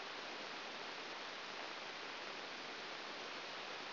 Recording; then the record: brain microelectrode recording played as sound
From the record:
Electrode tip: outside the subthalamic nucleus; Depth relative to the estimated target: -6 mm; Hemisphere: right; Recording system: AlphaMap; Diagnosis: Parkinson's disease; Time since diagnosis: 7 years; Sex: female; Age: 49 years